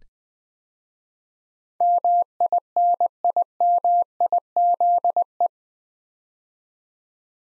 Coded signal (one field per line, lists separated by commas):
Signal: Morse code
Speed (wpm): 20 wpm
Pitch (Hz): 700 Hz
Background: none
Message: MINIMIZE